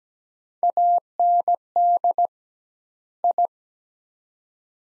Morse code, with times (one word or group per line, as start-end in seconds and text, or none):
0.6-2.3 AND
3.2-3.5 I